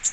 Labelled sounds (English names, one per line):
Magnolia Warbler flight call